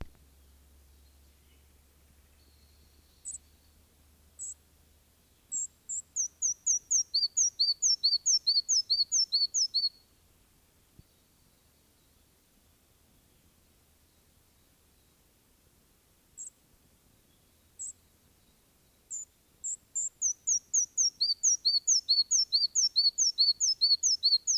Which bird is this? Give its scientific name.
Ficedula parva